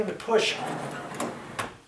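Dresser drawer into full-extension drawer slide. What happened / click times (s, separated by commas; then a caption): The drawer slide latched home / 1.6 s. A dresser drawer is pushed back onto its full-extension slide hardware, needing a little more force than the other side, while someone talks. The slide catches with a sharp click at 1.6 s, and the drawer latches home, seated.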